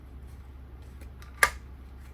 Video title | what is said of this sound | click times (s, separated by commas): Unboxing T Rex Arms Sidecar 2.0 - Glock 23 MOS Gen 5 | You heard that click? | 1.4 s